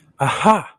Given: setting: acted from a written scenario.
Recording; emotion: vocal sound without words; realization